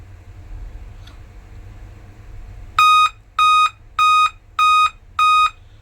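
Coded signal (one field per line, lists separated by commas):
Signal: beep code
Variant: Dell laptop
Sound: five evenly spaced short electronic beeps, each about a third of a second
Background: room hum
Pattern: 5 short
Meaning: Five beeps at startup indicate a CMOS battery failure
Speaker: तो आपने अभी सुना करके इसमें फाइव बीप का प्रॉब्लम आता है। तो इसमें आपको करना क्या है? इसमें सिमस बैटरी आपको सिर्फ चेंज करना है।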